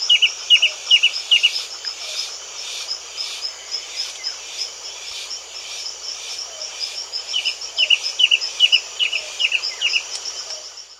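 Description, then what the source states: Stripe-chested antwren singing quick series of sharp notes at the start and again near the end, with a continuous buzzing insect chorus behind. South America.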